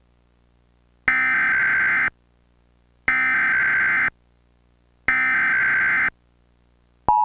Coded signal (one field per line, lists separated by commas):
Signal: Emergency Alert System (SAME) tones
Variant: header bursts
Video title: EAS Scenario 9: Tornadic Phenomenon